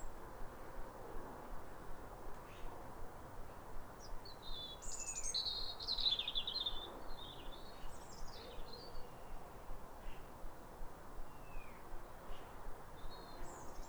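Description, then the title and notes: European robin song: thin, high, wistful warbled phrases with sliding notes, a fuller burst midway, over a steady low background rumble. Pair of robins singing from neighbouring gardens at a clear, calm, rosy New Year sunrise in winter after weeks of rain, exchanging phrases like a duet. "Sound Escape 150: Be uplifted by a chorus of New Year's robins. A pair of robins in neighbouring gardens welcome the early sun with wistful phrases as if chatting over the fence. BBC Countryfile Magazine. Recorded by Fergus Collins"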